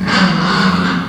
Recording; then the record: squeal of a Yucatan mini pig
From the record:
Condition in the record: after surgery on the right vocal fold (resection and tissue-engineered implant); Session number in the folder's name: 16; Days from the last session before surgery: 183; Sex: female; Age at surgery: 19 weeks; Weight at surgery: 25 kg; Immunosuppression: prednisolone